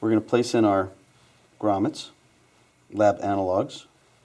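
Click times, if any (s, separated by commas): none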